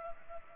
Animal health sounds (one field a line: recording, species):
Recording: mosquito wingbeat signal from an infrared sensor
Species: Culex pipiens